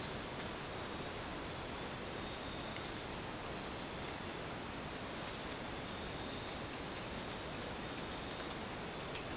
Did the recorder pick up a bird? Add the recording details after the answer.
no. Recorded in dense forest near Puerto Asís, Putumayo, Colombia, on 27 June 2025 at 04:00. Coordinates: 0.484, -76.317. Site G045